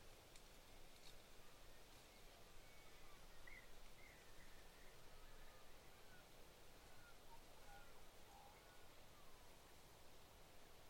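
Wind moves steadily through eucalyptus leaves in a dense, even rush that holds the same level throughout. Faint, distant bird calls surface sparsely above it, a few thin whistles and chirps scattered across the middle of the recording.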